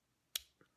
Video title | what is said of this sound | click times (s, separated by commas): Savage 11 disassembly | there you go and then just twist it around to make sure you have the correct orientation you'll feel it pop into place | 0.4 s